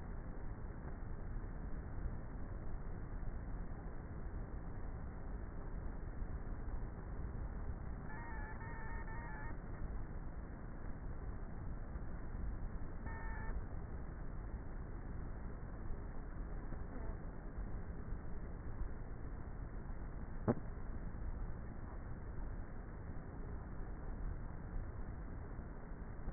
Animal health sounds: honeybee colony, microphone inside the hive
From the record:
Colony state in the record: queenless with a low population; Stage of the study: before two queens were removed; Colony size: about 30,000 bees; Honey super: no

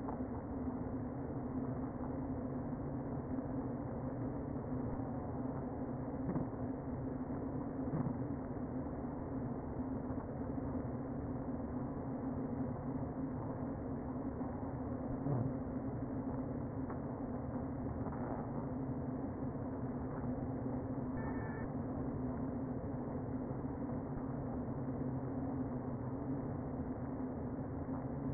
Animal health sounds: honeybee colony, microphone inside the hive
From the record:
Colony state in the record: queen present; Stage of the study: before two queens were removed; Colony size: about 60,000 bees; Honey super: yes

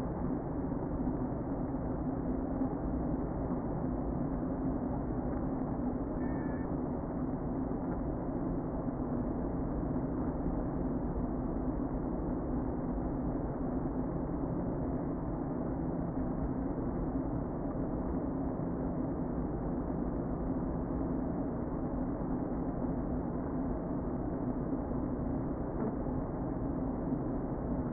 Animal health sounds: honeybee colony, microphone inside the hive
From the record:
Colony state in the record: queen present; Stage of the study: before two queens were removed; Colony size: about 60,000 bees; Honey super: yes

